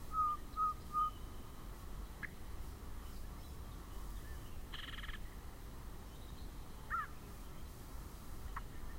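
Yellow-breasted chat song: three quick whistled notes, then a harsh burst and scattered clucks and chips, with long pauses and low rumbling background noise.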